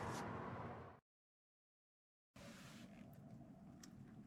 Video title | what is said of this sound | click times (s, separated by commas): Honda Civic Touch Screen Radio and Backup Camera Installation | now we can go ahead and snap this into place | 3.8 s